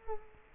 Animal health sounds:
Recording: mosquito wingbeat signal from an infrared sensor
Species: Culex quinquefasciatus

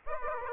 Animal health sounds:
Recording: mosquito wingbeat signal from an infrared sensor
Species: Aedes aegypti

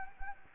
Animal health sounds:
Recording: mosquito wingbeat signal from an infrared sensor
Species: Anopheles gambiae

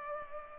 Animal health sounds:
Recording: mosquito wingbeat signal from an infrared sensor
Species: Culex pipiens

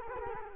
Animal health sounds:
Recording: mosquito wingbeat signal from an infrared sensor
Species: Culex quinquefasciatus

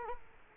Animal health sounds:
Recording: mosquito wingbeat signal from an infrared sensor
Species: Culex quinquefasciatus

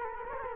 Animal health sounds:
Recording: mosquito wingbeat signal from an infrared sensor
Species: Culex quinquefasciatus

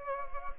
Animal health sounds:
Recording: mosquito wingbeat signal from an infrared sensor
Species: Anopheles gambiae

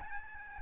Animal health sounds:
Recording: mosquito wingbeat signal from an infrared sensor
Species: Aedes albopictus

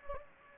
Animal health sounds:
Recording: mosquito wingbeat signal from an infrared sensor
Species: Anopheles gambiae

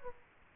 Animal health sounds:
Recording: mosquito wingbeat signal from an infrared sensor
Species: Aedes aegypti

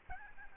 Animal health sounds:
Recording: mosquito wingbeat signal from an infrared sensor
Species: Aedes albopictus

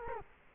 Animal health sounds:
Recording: mosquito wingbeat signal from an infrared sensor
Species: Culex quinquefasciatus

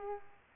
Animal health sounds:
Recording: mosquito wingbeat signal from an infrared sensor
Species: Culex pipiens

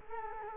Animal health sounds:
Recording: mosquito wingbeat signal from an infrared sensor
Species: Culex quinquefasciatus

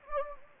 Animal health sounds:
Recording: mosquito wingbeat signal from an infrared sensor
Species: Anopheles gambiae

